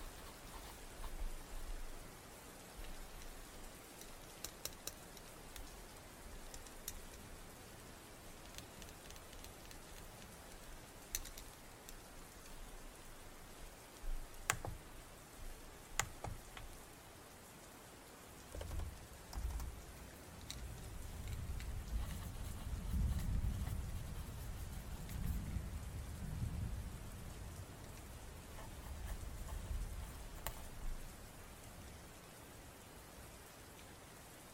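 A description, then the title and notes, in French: Rain falls steadily throughout, a dense, even hiss with scattered sharp drips and taps popping out, especially in the first half. From about 18 to 30 seconds a low rumble swells underneath, like faint thunder, then fades back to the plain rainfall. Sons ASMR et de pluie.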